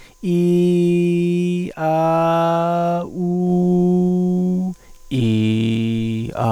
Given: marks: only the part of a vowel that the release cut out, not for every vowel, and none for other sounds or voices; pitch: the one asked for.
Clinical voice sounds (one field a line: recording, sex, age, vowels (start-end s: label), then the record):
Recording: sustained vowels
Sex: male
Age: 30 to 39 years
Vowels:
0.58-1.40 s: vowel /i/, high pitch
2.02-2.75 s: vowel /a/, high pitch
3.78-4.48 s: vowel /u/, high pitch
5.33-5.99 s: vowel /i/, low pitch
From the record:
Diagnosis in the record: cluttering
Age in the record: 38 years